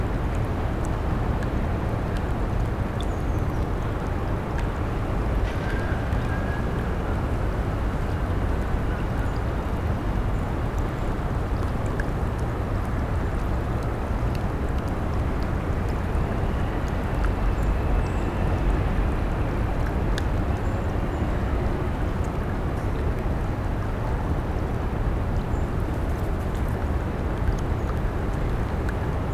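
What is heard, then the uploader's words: Midday ambience in a London churchyard garden, filled with a steady, dense rumble of city traffic that never lets up. The hum sits low and even throughout, with a faint thin whistle-like tone drifting in around six seconds and again near seventeen. London. St Dunstan-in-the-East. Noon.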